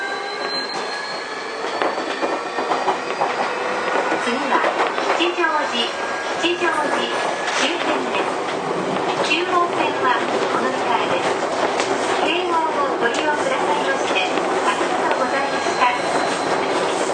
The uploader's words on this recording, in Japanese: 京王1000系 渋谷〜吉祥寺。急行運用を録音しました。